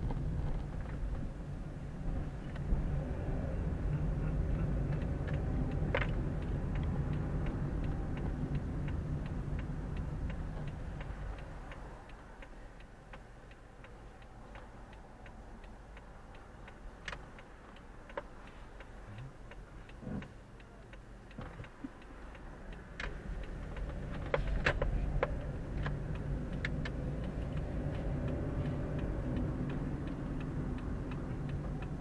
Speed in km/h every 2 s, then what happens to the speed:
13, 15, 22, 25, 20, 10, 0, 0, 0, 0, 0, 0, 13, 20, 27, 26.
0-5 speeds up to 25. 7-12 brakes to 0. 12-22 standing. 22-28 pulls away to 27.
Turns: 22-26.